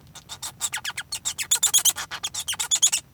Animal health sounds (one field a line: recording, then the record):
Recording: song of a male Bengalese finch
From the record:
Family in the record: son of father 1